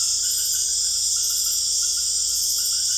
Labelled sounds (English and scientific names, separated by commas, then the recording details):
none
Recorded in secondary vegetation near Puerto Asís, Putumayo, Colombia, on 21 December 2024 at 19:00
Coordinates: 0.488, -76.319
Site GP04